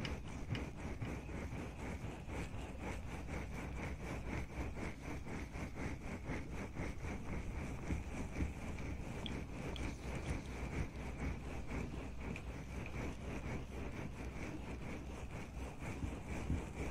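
Ear cleaning and ear massage, heard as a continuous, dense rubbing and scratching made of rapid, repeated strokes. A muffled low rumble runs underneath, with a faint bright hiss on top, and the level stays even for the whole stretch without pauses.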